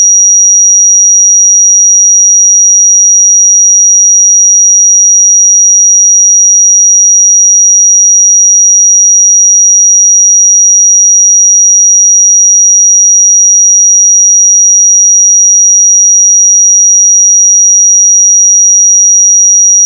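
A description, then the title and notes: A pure sine tone at 5752 Hz holds perfectly steady and bright for the full twenty seconds, with no other sounds. 5752 Hz 1 Hz Interval Sine Pure Tone Frequency 441000 Sample Mono.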